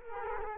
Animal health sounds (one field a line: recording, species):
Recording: mosquito wingbeat signal from an infrared sensor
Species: Culex quinquefasciatus